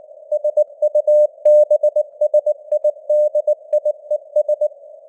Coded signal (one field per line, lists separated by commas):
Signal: Morse code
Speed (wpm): 19 wpm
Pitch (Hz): 600 Hz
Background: none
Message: SUBSIDIES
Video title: Morse Code News | 2025-12-01 | 19wpm